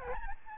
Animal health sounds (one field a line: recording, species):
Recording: mosquito wingbeat signal from an infrared sensor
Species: Aedes albopictus